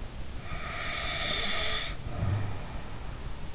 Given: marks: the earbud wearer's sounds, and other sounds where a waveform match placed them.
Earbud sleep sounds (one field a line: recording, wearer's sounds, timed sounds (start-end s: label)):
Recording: sounds in sleep by an in-ear microphone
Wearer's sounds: snoring breath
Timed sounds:
0.46-3.24 s: snoring breath